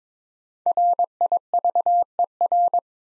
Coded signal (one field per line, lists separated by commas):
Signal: Morse code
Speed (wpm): 22 wpm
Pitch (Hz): 700 Hz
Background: none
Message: RIVER